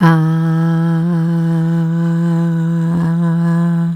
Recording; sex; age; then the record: sustained vowel /a/; female; 40 to 49 years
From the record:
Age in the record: 43 years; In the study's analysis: included